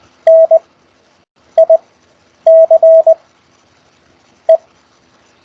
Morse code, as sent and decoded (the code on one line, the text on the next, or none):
-. .. -.-. .
NICE